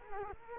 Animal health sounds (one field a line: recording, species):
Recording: mosquito wingbeat signal from an infrared sensor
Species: Culex quinquefasciatus